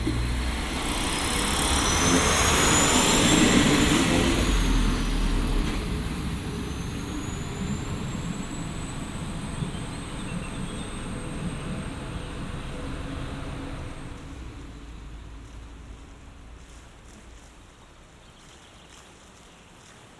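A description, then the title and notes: On a river, an engine passes by, its rushing roar loudest around three seconds with a thin high whine gliding above it. The noise recedes steadily and by fifteen seconds has faded to a quiet, low background rumble. Binaural production. Generative soundscape based on a two-dimensional random walk between four binaural soundscapes recorded on the North Bohemian river Ohře/Eger between 16 and 18 May 2023.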